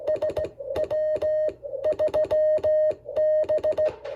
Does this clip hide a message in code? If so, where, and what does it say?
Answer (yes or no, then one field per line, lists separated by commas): yes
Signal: Morse code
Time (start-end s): 0.1-3.9 s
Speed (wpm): 16 wpm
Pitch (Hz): 620 Hz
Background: music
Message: SW3B